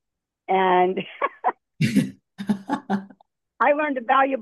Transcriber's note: laughs